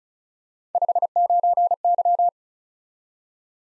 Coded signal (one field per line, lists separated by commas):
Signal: Morse code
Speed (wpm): 36 wpm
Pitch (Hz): 700 Hz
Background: none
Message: 59Y